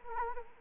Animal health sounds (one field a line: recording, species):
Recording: mosquito wingbeat signal from an infrared sensor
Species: Anopheles arabiensis